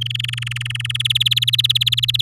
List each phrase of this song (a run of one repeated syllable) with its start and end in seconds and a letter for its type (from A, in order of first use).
0.01-1.02 A, 1.05-2.21 B